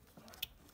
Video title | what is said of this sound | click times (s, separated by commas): How to replace heater hose connector on 2000-2007 silverado /sierra | push it in until you hear a click and you're good to go | 0.4 s